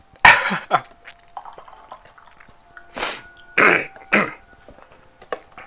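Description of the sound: About six harsh, short coughs and throat-clearing bursts from an adult man, spaced irregularly with quiet gaps between, brought on by eating extremely spicy instant noodles, after which his voice is gone.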